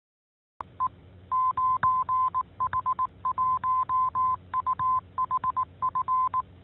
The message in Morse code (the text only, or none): E 9H1UHF